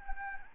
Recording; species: mosquito wingbeat signal from an infrared sensor; Anopheles gambiae